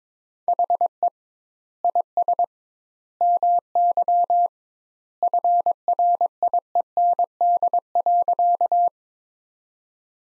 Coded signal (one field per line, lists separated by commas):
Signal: Morse code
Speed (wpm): 22 wpm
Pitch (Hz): 700 Hz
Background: none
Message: HE IS MY FRIEND.